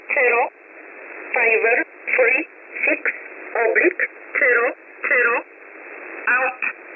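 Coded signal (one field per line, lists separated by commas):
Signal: numbers station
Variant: E11 Oblique, English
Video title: 16 03 2022 Number station E11 Oblique in English to Eu 0900 on 9968 Warsaw USB mode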